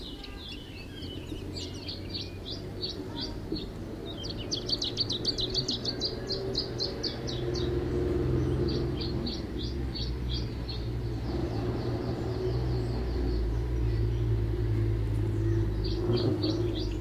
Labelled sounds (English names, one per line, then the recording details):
Canary Islands Chiffchaff song
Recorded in the wild
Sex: male
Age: adult
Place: Privatpark "Chiripa" in Puerto de la Cruz, Teneriffa, Teneriffa, Kanarischen Inseln, ES
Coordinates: 28.4094, -16.5447
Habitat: park
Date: 1965-03-29 15:10
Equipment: Nagra III PH, LGS26
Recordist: Faber, A. and Schneider, H.-J